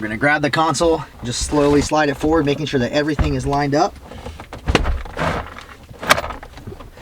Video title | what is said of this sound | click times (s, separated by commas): IS THE FORD SYNC 4 F250 12" DASH CONVERSION KIT REAL??? | It'll lock into place as you heard it. | 4.8 s, 6.1 s